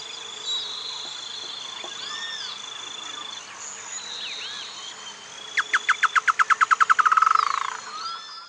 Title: LuckyPassaro Completos2Sama. Chotoy Spinetail (Schoeniophylax phryganophilus phryganophilus (ssp assumed from location))